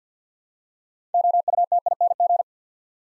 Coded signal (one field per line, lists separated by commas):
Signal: Morse code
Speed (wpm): 49 wpm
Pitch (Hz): 700 Hz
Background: none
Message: OUTING